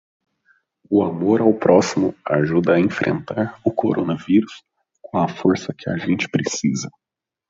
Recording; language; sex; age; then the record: spoken sentence; Brazilian Portuguese; male; 20 to 29 years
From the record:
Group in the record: control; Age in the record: 25 years